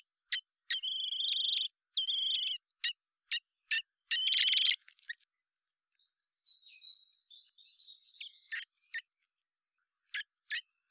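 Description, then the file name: Common blackbird calls: long harsh harmonic notes and a quick run of sharp clicks, then a soft, quiet twittering warble and a few more scattered clicks. "Turdus merula"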